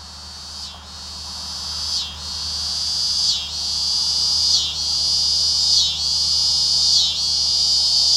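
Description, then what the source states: Scissor-grinder cicada song: a loud, high, pulsing buzz that swells and dips at regular intervals, steady throughout with no other clear sounds. Tibicen pruinosa, recorded 19 August 2007.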